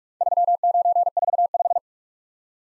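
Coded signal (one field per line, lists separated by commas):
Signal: Morse code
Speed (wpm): 44 wpm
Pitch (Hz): 700 Hz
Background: none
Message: 3945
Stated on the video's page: Four letter-number combinations in Morse, Speed-Racing practice format starting fast and slowing to a 30wpm base, with a final repeat at maximum speed.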